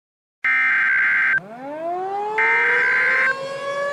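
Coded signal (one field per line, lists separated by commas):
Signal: Emergency Alert System (SAME) tones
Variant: header bursts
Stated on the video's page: Fictional Puss In Boots-themed EAS scenario, not a real alert.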